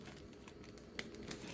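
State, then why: Seated. The plastic coupling ring of a two-piece ostomy pouch is pressed onto the flange of the skin wafer, with soft plastic crinkling and small ticks before a single sharp click at 1.0 s. The pouch is seated on the wafer and installed, followed by a few more faint crinkles.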